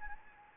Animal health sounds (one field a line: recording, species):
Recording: mosquito wingbeat signal from an infrared sensor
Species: Anopheles gambiae